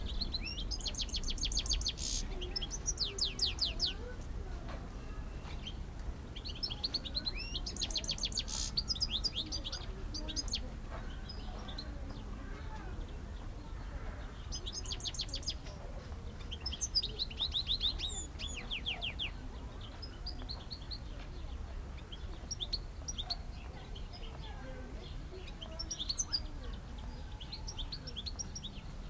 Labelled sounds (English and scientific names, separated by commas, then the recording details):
European Greenfinch (Chloris chloris)
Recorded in captivity
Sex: male
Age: adult
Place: Zoo Berlin, Berlin, DE
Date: 1994-04-16 12:20
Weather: heiter, 7-12°C
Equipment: Marantz CP 430, Sennheiser ME 80, Kopie Uher Variocord 263
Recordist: Tembrock, Günter